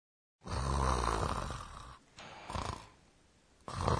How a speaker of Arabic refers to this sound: إنه شخير شخص نائم. وكيف نعبر عن هذا بكلمات المحاكاة الصوتية؟ جوجو. هذه الكلمة جوجو تصف شخصا يغط في نوم عميق.